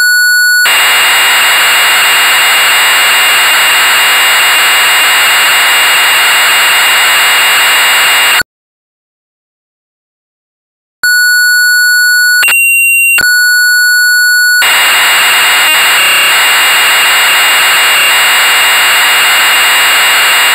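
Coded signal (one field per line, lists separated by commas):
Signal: computer data on cassette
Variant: Amstrad CPC 464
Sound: harsh buzzing data hiss, silence, steady pilot tones, then harsh data resumes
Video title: Castle of the Skull Lord (1984) - Amstrad CPC 464 (Full Tape Rip / Cassette Load)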